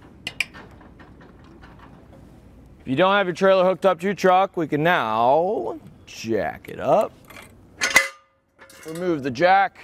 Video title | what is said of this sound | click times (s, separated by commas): etrailer - Curt Round, Snap-Ring Swivel Jack Review | can take the tool and kind of push it until it snaps into that little tiny groove there. | 0.3 s, 0.4 s